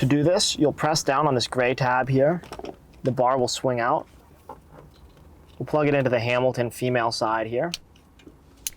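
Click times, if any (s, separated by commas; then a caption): 8.7 s. Someone talks while removing the factory radio's main power plastic connector in a 2014–2020 Lexus CT, pressing down a gray tab so the bar swings out, during installation of a CarPlay and Android Auto upgrade kit. The connector is then plugged into the upgrade kit's female harness socket, and a sharp click at 8.7 s marks it seating in place.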